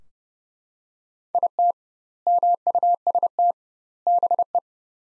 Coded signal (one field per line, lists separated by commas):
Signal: Morse code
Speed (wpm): 32 wpm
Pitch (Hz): 700 Hz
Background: none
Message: IT MUST BE